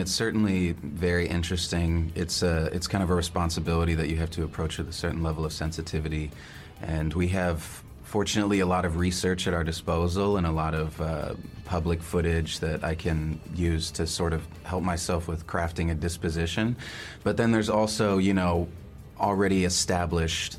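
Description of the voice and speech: A man speaks fluently in a low, steady voice with natural pauses, showing typical adult speech.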